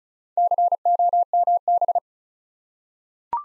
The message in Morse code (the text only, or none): COMB